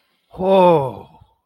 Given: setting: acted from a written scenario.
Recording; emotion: vocal sound without words; awe